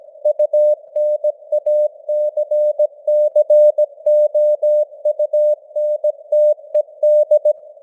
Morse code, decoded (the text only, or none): UNACCOUNTED